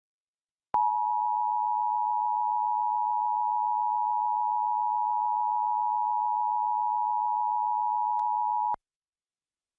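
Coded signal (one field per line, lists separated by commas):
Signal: Emergency Alert System (SAME) tones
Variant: 853 and 960 Hz attention tone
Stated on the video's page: EAS tones from Pennsylvania's monthly required test.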